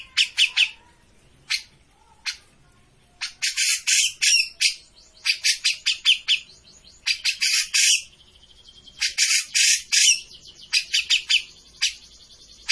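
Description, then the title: Grey-cheeked bulbul song: raspy, squawking bursts and dense chatter, with short silent gaps between phrases. Bird-training master recording of an actively singing (gacor) cucak jenggot. "Cucak Jenggot Gacor. Masteran burung cucak jenggot ! Suaka burung"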